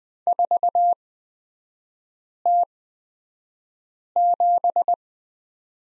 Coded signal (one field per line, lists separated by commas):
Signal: Morse code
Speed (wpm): 20 wpm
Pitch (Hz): 700 Hz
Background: none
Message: 4T7